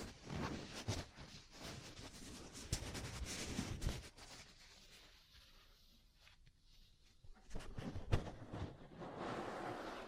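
Ear cleaning and massage sounds: dense, scratchy rustling with sharp taps and clicks scattered through, loudest in the first four seconds. The middle goes quieter and thinner, with soft scraping, before fuller rubbing and a sharp tap near eight seconds return.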